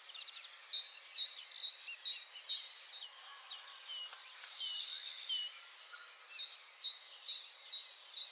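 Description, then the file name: Great tit call notes, bright high pips repeated at a steady pace at the start and again near the end, amid a chorus of chattering birds. "Parus major"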